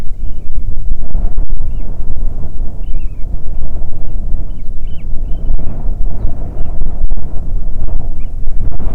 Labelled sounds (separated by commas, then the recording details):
bird, wind
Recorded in the Arctic National Wildlife Refuge, Alaska, on 9 July 2019 at 22:43
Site 48